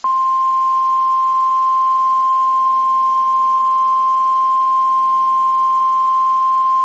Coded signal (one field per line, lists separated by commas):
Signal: Emergency Alert System (SAME) tones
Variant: 1050 Hz attention tone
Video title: EAS Evacuation Immediate/Fire Warning Hutchinson County, Texas (Amarillo) NOAA Weather Radio/IPAWS